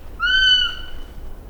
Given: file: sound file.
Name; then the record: kiwi Male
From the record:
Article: Birdsong Denoising Using Wavelets